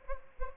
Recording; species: mosquito wingbeat signal from an infrared sensor; Aedes albopictus